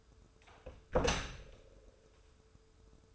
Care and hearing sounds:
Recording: daily activity, microphone in the room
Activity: close door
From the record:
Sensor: 2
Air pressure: 1015.1 hPa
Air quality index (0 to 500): 167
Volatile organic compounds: 9 ppm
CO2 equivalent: 2164 ppm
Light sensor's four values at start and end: 13/36/14/16 and 13/36/14/16

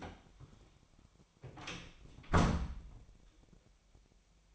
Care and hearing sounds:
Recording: daily activity, microphone in the room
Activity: close door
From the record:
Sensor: 1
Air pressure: 1007.4 hPa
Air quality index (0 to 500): 197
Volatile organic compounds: 19 ppm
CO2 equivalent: 2658 ppm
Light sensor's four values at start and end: 13/34/14/15 and 13/33/13/15

